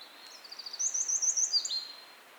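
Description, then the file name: Eurasian wren, a brief burst of high, fast trilled notes, rising in volume and then fading, with light background hiss. "Troglodytes troglodytes"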